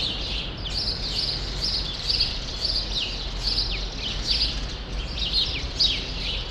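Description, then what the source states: Sparrows chatter constantly with quick high tweets and slurred chirps, over a faint low hum. Sparrows still present for now in a small remnant of a once-large grove, Rue Saint-Jean Népomucène, Brussels, Belgium; recorded with Earsight V2 AB microphones into a Zoom F3.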